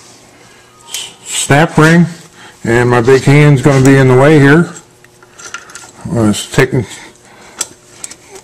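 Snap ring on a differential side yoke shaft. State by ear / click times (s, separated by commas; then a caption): seated / 7.6 s, 8.0 s. A second steel snap ring is put onto the other differential side yoke shaft of a C2 or C3 Corvette differential while someone talks, with soft scraping and metal handling in between. The ring snaps into its groove with sharp clicks at 7.6 and 8.0 seconds and is seated.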